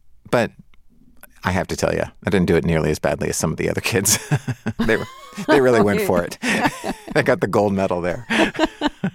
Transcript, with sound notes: But I have to tell you, I didn't do it nearly as badly as some of the other kids.
(LAUGHTER)
They really went for it. They got the gold medal there.